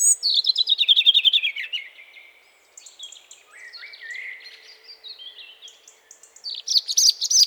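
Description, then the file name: European robin song opening with a loud descending trill of quick notes, then quiet wandering high whistles and slides, ending in another rapid bright burst. "Erithacus rubecula"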